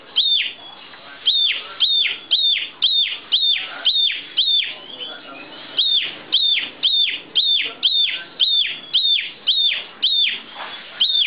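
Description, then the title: Oriental magpie-robin delivering a steady stream of shrill whistled notes with raspy falling ends, roughly two per second, one short pause midway. "Kicau Kacer"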